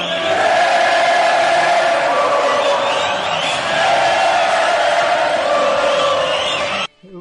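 A large crowd of sports fans roars continuously, a dense wash of shouting and cheering voices holding steady and loud for about seven seconds before cutting off abruptly.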